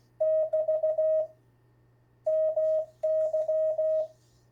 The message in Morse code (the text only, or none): <BT> MY